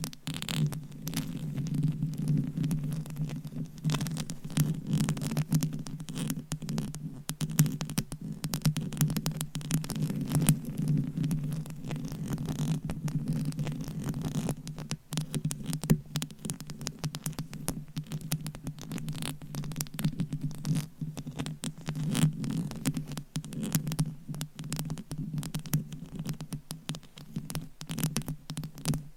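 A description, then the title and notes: Gentle tapping and scratching, a dense run of small soft clicks and scrapes that continues without a break for the whole half minute. Beneath it sits a steady low hum with a faint throbbing quality. ASMR Tingly Gentle Tapping & Scratching to Help You Fall Asleep No Talking.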